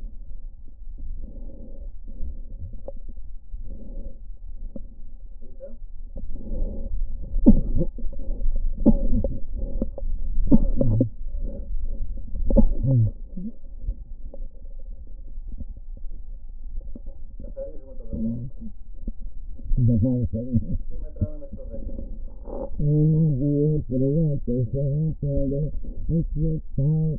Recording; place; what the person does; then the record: lung sounds by stethoscope; left posterior basal chest; quiet breathing, then cough and speech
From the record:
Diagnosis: COPD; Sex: female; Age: 80 years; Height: 160 cm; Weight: 62 kg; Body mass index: 24.2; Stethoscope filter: diaphragm mode